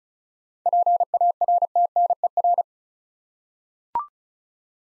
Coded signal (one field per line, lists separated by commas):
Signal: Morse code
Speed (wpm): 36 wpm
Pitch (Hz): 700 Hz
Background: none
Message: PARTNER